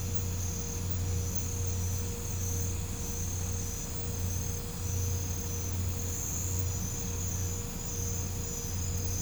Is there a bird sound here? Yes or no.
no